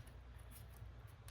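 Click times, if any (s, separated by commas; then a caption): none. An add-on module harness plug is handled and pushed toward the upper factory engine connector. A steady low hum runs throughout with faint handling noise and a brief burst near 1.3 s. Nothing has seated or clicked yet.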